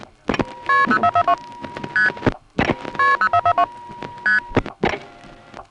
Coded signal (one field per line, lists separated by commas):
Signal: multi-frequency trunk signalling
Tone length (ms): 80 ms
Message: KP0442 ST KP0442 ST